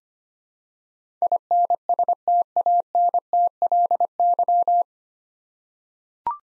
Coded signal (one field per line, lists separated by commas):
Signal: Morse code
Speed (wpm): 25 wpm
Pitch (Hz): 700 Hz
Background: none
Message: INSTANTLY